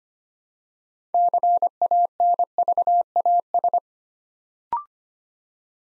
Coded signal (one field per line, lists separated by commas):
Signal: Morse code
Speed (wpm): 25 wpm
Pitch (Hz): 700 Hz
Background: none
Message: CANVAS